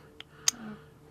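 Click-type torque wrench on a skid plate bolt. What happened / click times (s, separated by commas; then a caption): The torque wrench clicked at its setting, then clicked again on a re-check / 0.2 s, 0.5 s. A click-type torque wrench tightening a skid plate mounting bolt on a 2016–2022 Honda Pilot (No-Lo Designs skid plate) gives two sharp, short clicks at 0.2 s and 0.48 s, with the second much louder. The wrench clicks at its torque setting, and the repeat click is a re-check of the bolt's torque.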